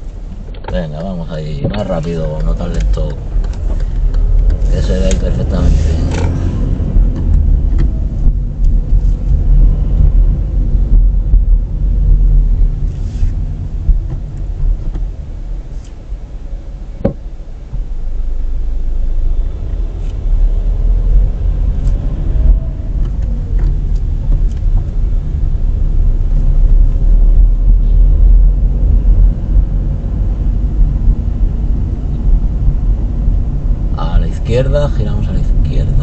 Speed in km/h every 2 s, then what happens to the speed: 2, 8, 16, 23, 23, 23, 13, 4, 0, 5, 12, 13, 14, 19, 23, 26, 27, 26.
0-5 pulls away to 23. 5-10 steady at about 23. 10-15 brakes to 0. 15-17 standing. 17-29 pulls away to 26. 29-36 steady at about 26.